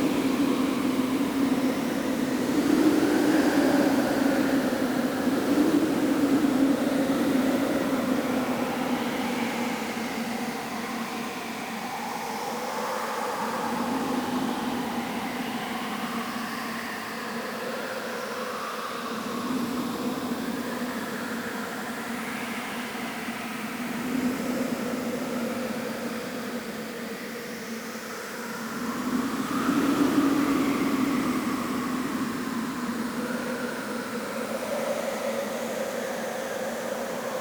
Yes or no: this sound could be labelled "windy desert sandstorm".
yes